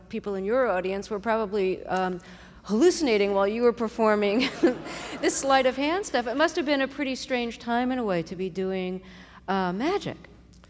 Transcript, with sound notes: a lot of people in your audience were probably hallucinating while you were performing...
(LAUGHTER)
...This sleight-of-hand stuff. It must have been a pretty strange time, in a way, to be doing magic.